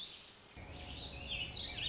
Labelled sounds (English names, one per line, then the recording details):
Warbling Vireo
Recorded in Sonoma County, California